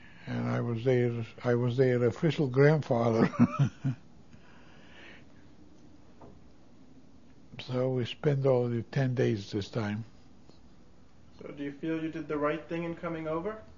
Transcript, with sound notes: And I was their, I was their official grandfather. ( he laughs ) So we spent only ten days this time.
Well, do you feel you did the right thing in coming over,